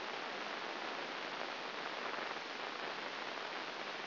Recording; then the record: brain microelectrode recording played as sound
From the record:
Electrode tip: inside the subthalamic nucleus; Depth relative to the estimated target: -2.5 mm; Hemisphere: right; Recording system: AlphaMap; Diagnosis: Parkinson's disease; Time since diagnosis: 11 years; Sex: female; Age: 60 years